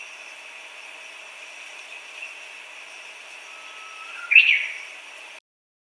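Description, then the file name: Japanese bush warbler song: a soft, long low whistle, then a sudden brighter flourish, heard over a steady background hiss. "uguisu"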